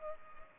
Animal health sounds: mosquito wingbeat signal from an infrared sensor; Culex pipiens

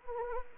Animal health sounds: mosquito wingbeat signal from an infrared sensor; Anopheles arabiensis

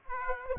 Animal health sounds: mosquito wingbeat signal from an infrared sensor; Aedes aegypti

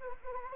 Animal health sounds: mosquito wingbeat signal from an infrared sensor; Anopheles gambiae

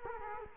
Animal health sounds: mosquito wingbeat signal from an infrared sensor; Culex quinquefasciatus

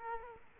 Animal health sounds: mosquito wingbeat signal from an infrared sensor; Culex quinquefasciatus

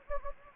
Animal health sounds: mosquito wingbeat signal from an infrared sensor; Anopheles gambiae

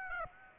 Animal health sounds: mosquito wingbeat signal from an infrared sensor; Aedes aegypti

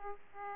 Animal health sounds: mosquito wingbeat signal from an infrared sensor; Aedes aegypti

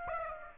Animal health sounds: mosquito wingbeat signal from an infrared sensor; Aedes aegypti

